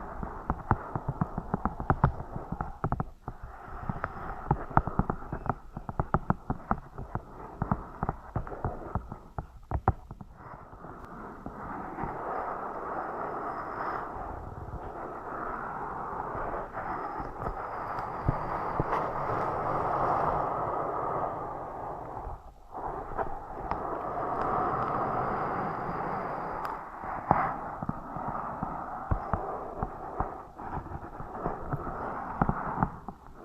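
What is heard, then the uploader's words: Scratching and tapping fill the recording, with dense, fast taps and clicks for the first ten seconds. Around ten to twenty-two seconds the sound smooths into a steady, rasping scratch, then brief silence, before quick tapping and scratching return until the end. Scratching & Tapping Triggers. (NO TALKING).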